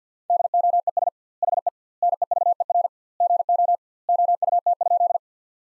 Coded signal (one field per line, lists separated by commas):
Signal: Morse code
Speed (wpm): 50 wpm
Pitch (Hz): 700 Hz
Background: none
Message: DOES HE NEVER GO OUT?